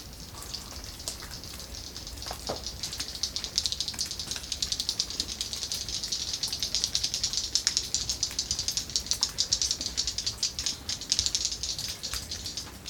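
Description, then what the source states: Swift echolocation clicks: a dense, rapid crackle of sharp high ticks. Cave-dwelling swifts using echolocation, recorded deep inside a cave in Samoa while a guide prompted the birds to fly past.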